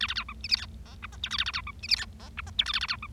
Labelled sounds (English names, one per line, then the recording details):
Bengalese Finch song
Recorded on 25 March 2012 at 15:33
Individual gy6or6